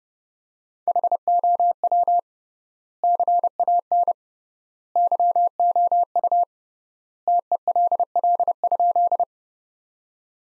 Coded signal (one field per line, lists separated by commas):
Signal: Morse code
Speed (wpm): 30 wpm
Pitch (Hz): 700 Hz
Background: none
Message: HOW CAN YOU TELL?